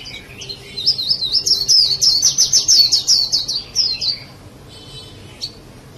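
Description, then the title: Java sparrow song, a fast run of bright, bell-like high notes repeated for about three seconds, then a short buzzy note and a single chirp. "kicau gelatik"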